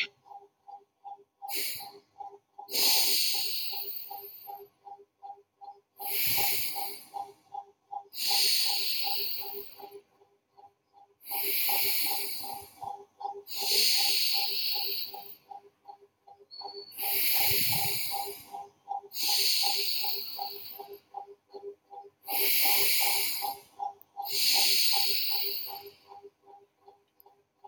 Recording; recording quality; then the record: deep breathing; excellent, no background noise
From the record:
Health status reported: healthy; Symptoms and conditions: hypertension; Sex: male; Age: 30 years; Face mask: not worn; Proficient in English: yes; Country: India